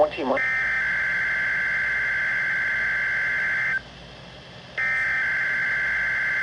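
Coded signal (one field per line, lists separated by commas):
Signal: Emergency Alert System (SAME) tones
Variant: header bursts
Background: speech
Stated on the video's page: Required weekly test received on NOAA Weather Radio transmitter KWO35.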